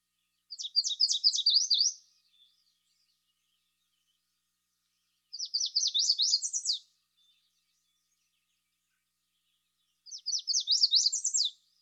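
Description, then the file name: Yellow warbler singing bright, rapid phrases of high slurred notes, repeated about every five seconds, three phrases in all, in an otherwise quiet setting. "dan-gibsons-solitudes yellow-warbler"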